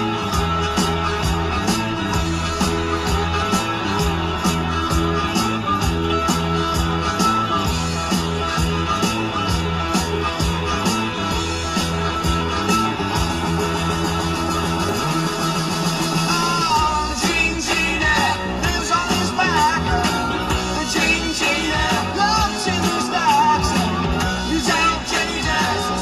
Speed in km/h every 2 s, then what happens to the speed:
26, 23, 24, 21, 16, 21, 23, 23, 21, 15, 6, 0, 0.
4-8 slows to 16. 8-11 speeds up to 23. 11-16 steady at about 23. 16-22 brakes to 0. 22-26 standing.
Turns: 3-10.